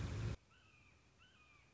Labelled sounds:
Red-shouldered Hawk
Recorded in Sonoma County, California

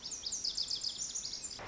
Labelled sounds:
Lazuli Bunting
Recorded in Sonoma County, California

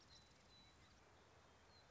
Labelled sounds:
Song Sparrow
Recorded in Sonoma County, California

